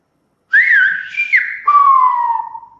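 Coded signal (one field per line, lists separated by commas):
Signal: whistled language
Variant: Silbo Gomero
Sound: a single whistle gliding up and down in three connected segments, falling at the end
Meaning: The whistled word is the name Francisco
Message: Francisco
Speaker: Mi nombre es Francisco y yo lo puedo decir hablando Francisco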